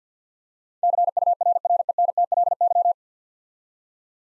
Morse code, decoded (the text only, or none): CURRENTLY